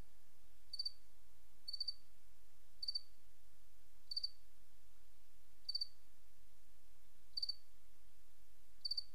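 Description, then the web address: Cricket producing crisp pulsed chirps repeated every second or so, steady and high-pitched, with only a low background hum. "Sabda Alam Crickets"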